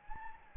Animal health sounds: mosquito wingbeat signal from an infrared sensor; Anopheles gambiae

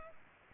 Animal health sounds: mosquito wingbeat signal from an infrared sensor; Culex pipiens

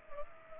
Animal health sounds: mosquito wingbeat signal from an infrared sensor; Culex pipiens

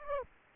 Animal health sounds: mosquito wingbeat signal from an infrared sensor; Aedes aegypti

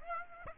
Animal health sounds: mosquito wingbeat signal from an infrared sensor; Aedes aegypti

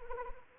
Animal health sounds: mosquito wingbeat signal from an infrared sensor; Anopheles arabiensis

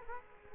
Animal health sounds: mosquito wingbeat signal from an infrared sensor; Culex quinquefasciatus

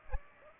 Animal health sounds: mosquito wingbeat signal from an infrared sensor; Aedes aegypti

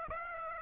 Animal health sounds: mosquito wingbeat signal from an infrared sensor; Aedes aegypti

